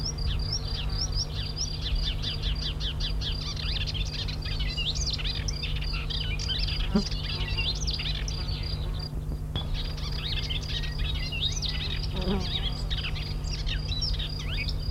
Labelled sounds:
Woodchat Shrike (Lanius senator) song
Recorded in the wild
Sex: male
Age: adult
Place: Crnotice, Cicarija, SI
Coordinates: 45.48, 14.03
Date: 1994-06-02
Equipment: Sony WM-D6C, Sennheiser ME 66, 1st genation MC copy
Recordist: Ernst, Stephan

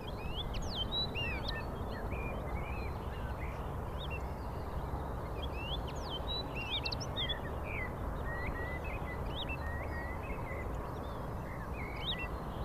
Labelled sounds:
Wood Lark (Lullula arborea) flight song
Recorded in the wild
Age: adult
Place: Schönow, Naturpark Barnim, Brandenburg, DE
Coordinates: 52.685, 13.512
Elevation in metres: 68
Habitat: heath
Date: 2014-04-26
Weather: sunny, 14°C, windless
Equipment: Sound Devices 702, Sennheiser MKH 70, Rycote Windschutz
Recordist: Frommolt, Karl-Heinz

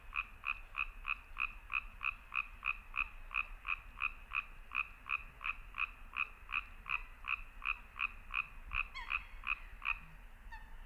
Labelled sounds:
Common Tree Frog (Hyla arborea) call
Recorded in the wild
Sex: male
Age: adult
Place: Kützerhof, Kummerower See, Mecklenburg-Vorpommern, DE
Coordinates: 53.85, 12.8586
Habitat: wetland
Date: 2009-05-04 23:28
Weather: heiter, fast windstill, 6°C
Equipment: Sound Devices 702, Sennheiser MKH 70, Rycote Windschutz
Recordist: Frommolt, Karl-Heinz

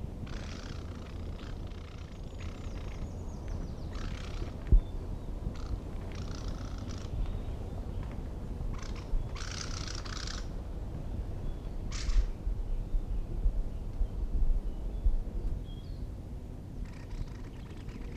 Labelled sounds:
Mistle Thrush (Turdus viscivorus) song
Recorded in the wild
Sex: male
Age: adult
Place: Mirnock, Kärnten, AT
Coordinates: 46.75, 13.7
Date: 1967-03-25
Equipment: Hornyphon Bandgerät, Phillips Mikrofon Type EL 6020
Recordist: Brunner, Thomas
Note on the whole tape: In der Nähe des Müllner Gatters aufgenommen

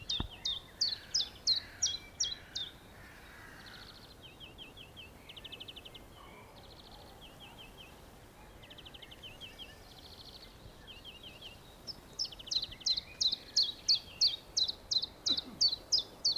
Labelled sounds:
Common Chiffchaff (Phylloscopus collybita) song
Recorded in the wild
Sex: male
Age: adult
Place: Friedhof Niederschönhausen III, Berlin, DE
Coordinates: 52.5706, 13.3875
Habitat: city cemetery
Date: 1987-04-18 13:14
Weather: sunny, 10°C
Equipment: Nagra SN, Kopie Tesla B 116
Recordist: Tembrock, Günter

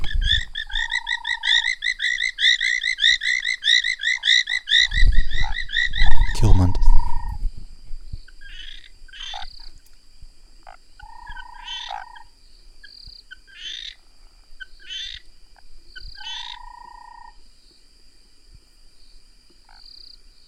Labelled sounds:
African Gray Treefrog (Chiromantis xerampelina) call
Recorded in the wild
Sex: male
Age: adult
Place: Hoedspruit, Marepe Lodge, ZA
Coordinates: -24.45, 30.84
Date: 1996-01-10 22:56
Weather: 24°C
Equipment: Sony TCD-D3, Sennheiser ME 80, K 30 AV
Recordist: Gutsche, Alexander

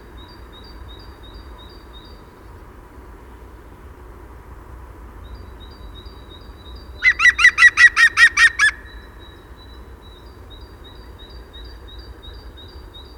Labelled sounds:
European Green Woodpecker (Picus viridis) call
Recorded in the wild
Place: Schorfheide, Brandenburg, DE
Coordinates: 52.907, 13.531
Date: 1990-02-18
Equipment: Nagra III BH, Sennheiser MD 21, parabola
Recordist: Schubert, Michael
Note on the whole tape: Rufe Grünspecht, am Schluß noch sehr leise Rufe des Vogels (Dist. ~30m), dann Abflug

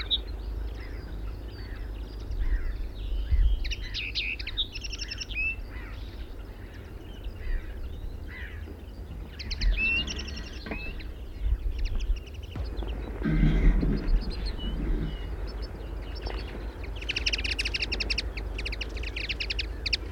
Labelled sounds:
Common Linnet (Linaria cannabina) call
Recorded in the wild
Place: Landow, Insel Rügen, Mecklenburg-Vorpommern, DE
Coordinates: 54.404, 13.263
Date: 1970-05-03
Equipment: Nagra III BH, Sennheiser MD 21, parabola
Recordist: Schubert, Michael
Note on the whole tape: Bei Landow: Locken Bluthänfling, Ges. mehrerer Expl

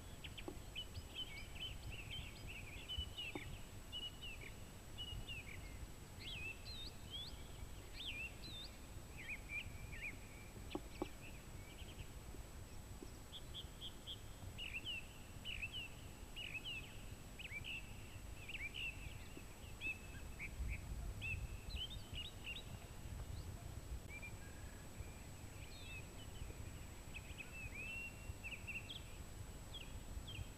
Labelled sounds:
Song Thrush (Turdus philomelos) song
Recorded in the wild
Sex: male
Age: adult
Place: Vrata Tal, Krain, SI
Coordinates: 46.4, 13.9
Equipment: Hornyphon, Phillips Mikrofon
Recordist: Brunner, Thomas
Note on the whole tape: Frühjahr 1964, im Vrata Tal aufgenommen

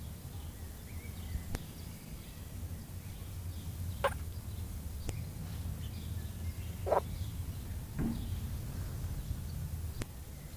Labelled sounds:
Edible Frog (Pelophylax esculentus)
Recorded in the wild
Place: Lübars, Benekendorffstraße, Berlin, DE
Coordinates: 52.6167, 13.3469
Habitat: Gartenteich
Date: 2000-04-30 12:12
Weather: heiter, 24°C
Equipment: Nagra SN, Kopie Uher 4000 Report Monitor
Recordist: Tembrock, Günter
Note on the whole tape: Diverse Lautformen, einzelne Tiere. Gute Laute von Einzeltieren, bei lauten Passagen teilweise Kopiereffekte; sonst sehr gute Aufnahmequalität

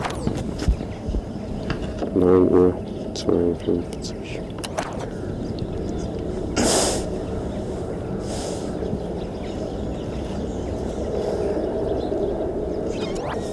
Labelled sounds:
Wapiti (Cervus canadensis)
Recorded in captivity
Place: Tierpark Berlin, Berlin, DE
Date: 1970-12-20
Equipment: Uher 4200 Report Stereo, Sennheiser MD 421 (z.T. mit Tesla-Verstärker)
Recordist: Tembrock, Günter
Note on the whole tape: Wapiti. Drohzischen gegen Beobachter, auch leise helle Langlaute in dieser Situation. Abstand: 1 m. Aufnahmezeit: 9.30-12.45 Uhr

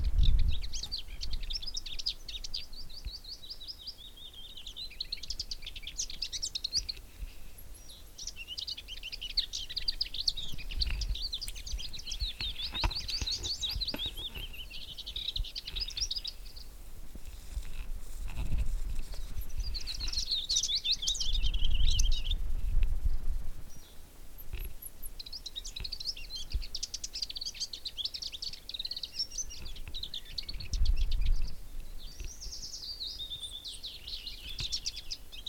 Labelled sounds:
Willow Warbler (Phylloscopus trochilus)
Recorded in the wild
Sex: male
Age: adult
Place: Gosener Wiesen, Berlin, DE
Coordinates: 52.41, 13.72
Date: 1989-04-30 15:15
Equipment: Uher 4400 Report Monitor, Sennheiser ME 80, K 30 AV
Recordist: Fischer, Stefan

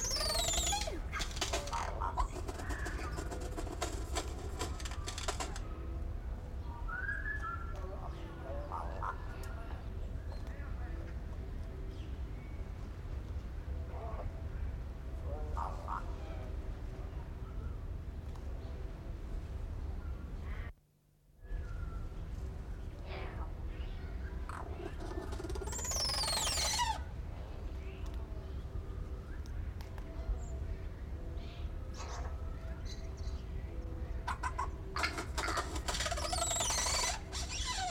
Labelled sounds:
Crested Oropendola (Psarocolius decumanus)
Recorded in captivity
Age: adult
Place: Zoo Berlin, Berlin, DE
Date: 1992-12-25 12:03
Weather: heiter, -7°C
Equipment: Marantz CP 430, Sennheiser ME 80, Kopie Uher Variocord 263
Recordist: Tembrock, Günter

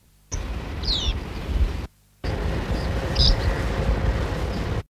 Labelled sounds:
Corn Bunting (Emberiza calandra) alarm call
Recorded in the wild
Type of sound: alarm call
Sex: male
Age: adult
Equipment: Halbspur, 9,5 cm/s
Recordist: Lütgens, Hans
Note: Warnende Männchen

